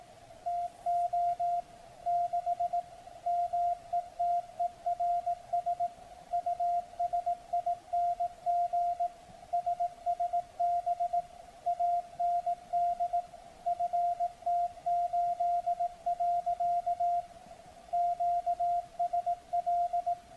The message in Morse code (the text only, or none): TO 6 METERS USING SSB AND FT8. QSL